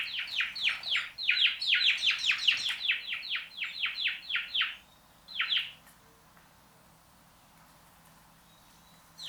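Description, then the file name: House sparrow delivering a quick series of scratchy chirps, then one isolated chirp and a long quiet gap before another chirp at the very end. "Passer domesticus"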